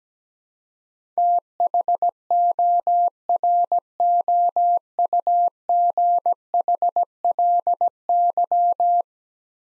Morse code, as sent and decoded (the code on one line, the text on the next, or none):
- .... --- .-. --- ..- --. .... .-.. -.--
THOROUGHLY